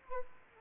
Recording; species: mosquito wingbeat signal from an infrared sensor; Aedes aegypti